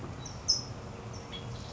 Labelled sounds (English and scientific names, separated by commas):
California Towhee (Melozone crissalis)